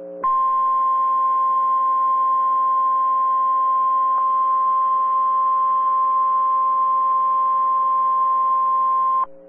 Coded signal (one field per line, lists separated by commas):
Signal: Emergency Alert System (SAME) tones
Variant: 1050 Hz attention tone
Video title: PDS TOR 2 (EAS 166)